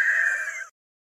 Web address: monster screech pig